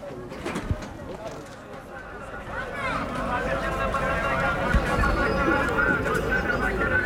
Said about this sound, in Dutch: Hier in het centrum van de stad lopen we over een markt. Groenten, fruit, noten, cashewnoten, rozijnen. Het is echt een wilde aan voedsel wat hier verkrijgbaar is.